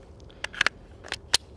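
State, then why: Seated. A loaded 10-round steel box magazine for an SVT-40, filled with rimmed Red Army standard cartridges and steeply curved to suit them, is inserted into the semi-automatic rifle's magazine well. A series of sharp metallic clicks is heard, with the strongest and longest-ringing hit at 1.4 s as the magazine locks into place.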